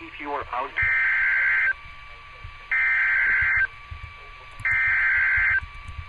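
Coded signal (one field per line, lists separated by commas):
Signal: Emergency Alert System (SAME) tones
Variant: header bursts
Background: speech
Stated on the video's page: Compilation of severe thunderstorm, tornado, weekly test and child abduction alerts received from weather radio and broadcast stations.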